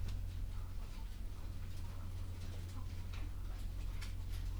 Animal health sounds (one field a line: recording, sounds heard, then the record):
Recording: poultry house recording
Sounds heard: sick chickens (respiratory disease)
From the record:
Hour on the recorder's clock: 11